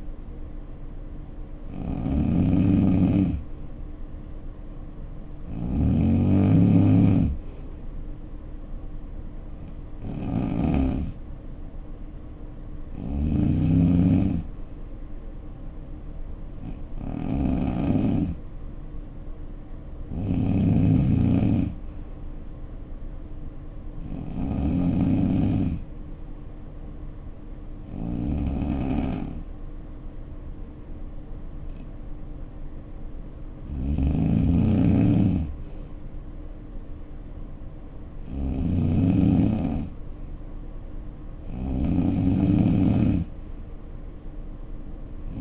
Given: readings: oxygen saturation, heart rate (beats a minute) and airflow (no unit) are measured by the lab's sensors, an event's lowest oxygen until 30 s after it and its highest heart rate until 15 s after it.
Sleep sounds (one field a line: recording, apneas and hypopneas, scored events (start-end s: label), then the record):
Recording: breathing in sleep by a smartphone at the bedside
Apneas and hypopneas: 1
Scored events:
29.00-40.40 s: hypopnea (N2, oxygen 92% highest, then 89% lowest, heart rate 61 at the start, 62 highest)
31.00-45.41 s: new sleep stage, N3 (deep sleep)
From the record:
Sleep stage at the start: N2 (light sleep)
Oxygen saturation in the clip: 90 to 92%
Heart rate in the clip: 58 to 66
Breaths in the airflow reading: 11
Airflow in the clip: -7.4 to 3.6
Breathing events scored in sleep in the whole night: 520 in 7.2 hours asleep